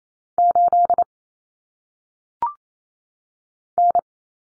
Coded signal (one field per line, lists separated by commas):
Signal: Morse code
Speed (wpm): 28 wpm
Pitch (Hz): 700 Hz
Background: none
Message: 8 N